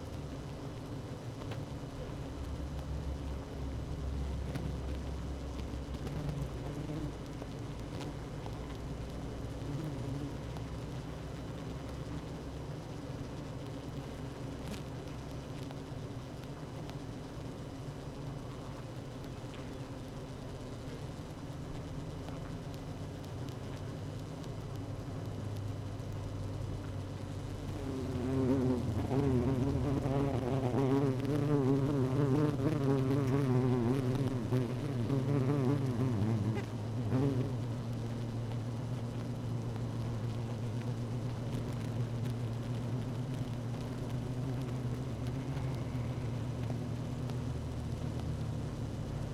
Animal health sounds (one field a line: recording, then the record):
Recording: honeybee colony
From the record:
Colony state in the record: active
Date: 12 June 2018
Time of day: 16:35